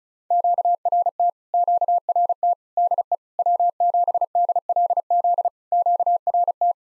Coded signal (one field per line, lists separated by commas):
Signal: Morse code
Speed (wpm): 36 wpm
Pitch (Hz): 700 Hz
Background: none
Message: QRT QRT DE W7DLZ QRT